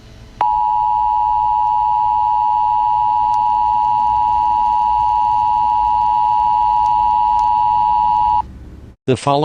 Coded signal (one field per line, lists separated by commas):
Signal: Emergency Alert System (SAME) tones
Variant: 853 and 960 Hz attention tone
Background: speech